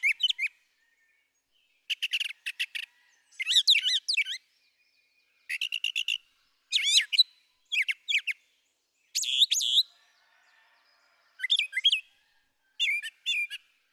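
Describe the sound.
Brown thrasher song of varied phrases, chattering trills, buzzy notes and slurred chirps, delivered in bursts with brief silences between.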